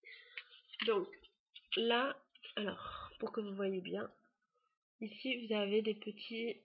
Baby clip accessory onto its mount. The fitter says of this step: Alors, on pose la Baby Clips, et hop, dès que vous entendez le petit clip, c'est qu'elle est clipsée.